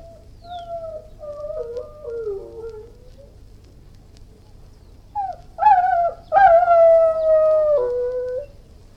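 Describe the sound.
Irish Wolfhound howling: a long, wavering, gently falling howl, a pause, then louder howls that end in a short lower note.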